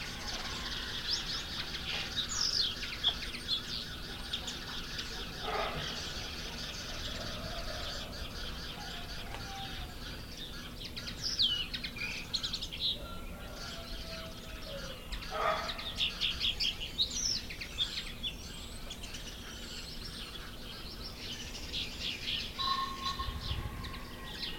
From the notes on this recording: the gentle cooing of doves to the playful warbling of canaries